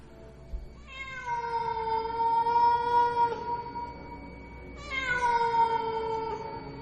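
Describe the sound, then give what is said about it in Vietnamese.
Stray cats yowl mournfully outside around a village at about 8 p.m., in two long, drawn-out wails, each starting with a sharp rise and then holding a steady, wavering, high-pitched cry. There is a short gap between them and no talking. “Ở bên ngoài phụ cận quanh thôn vang lên tiếng mèo kêu đến thê lương, nghe vào mà rợn hết cả người.”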